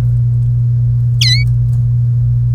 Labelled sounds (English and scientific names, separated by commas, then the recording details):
Domestic Canary (Serinus canaria) song
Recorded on 1 May 2018 at 18:05
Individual llb3